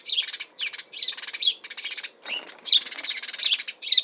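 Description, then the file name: House sparrow chirping, dense bursts of bright cheeps. Calls and chirps of house sparrow, recorded in spring in Suffolk, UK. "Bird House-Sparrow UKSuffolk Spring Calls Chirp"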